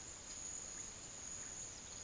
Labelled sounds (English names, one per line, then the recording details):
none
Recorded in secondary vegetation near Puerto Asís, Putumayo, Colombia, on 13 March 2025 at 12:30
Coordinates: 0.489, -76.322
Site G042